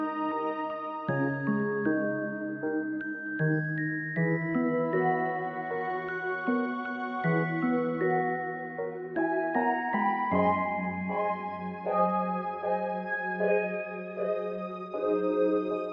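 A soundtrack piece of sustained, held chords that shift slowly, changing every second or two with a steady low bass line beneath. Around ten seconds a deeper bass note enters and the texture thickens, and the level stays even throughout.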